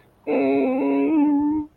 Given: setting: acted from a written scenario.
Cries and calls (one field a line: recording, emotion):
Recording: vocal sound without words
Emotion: sadness